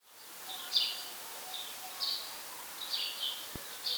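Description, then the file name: House sparrow chirps, a few short, bright notes spaced roughly half a second to a second apart, fairly soft against steady hiss, with one faint click. "Passer domesticus"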